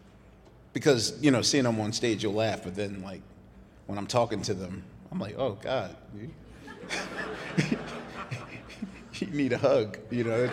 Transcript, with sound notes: because, you know, seeing them on stage you'll laugh but then, like, when I'm talking to them, I'm like, oh, God, (laughter) you need a hug, you know?